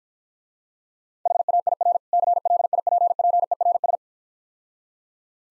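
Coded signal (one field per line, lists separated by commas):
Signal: Morse code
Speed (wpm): 54 wpm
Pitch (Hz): 700 Hz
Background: none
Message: HAIR CLIPPERS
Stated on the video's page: Morse practice at 40 wpm using contextual hints to prime copying of difficult words.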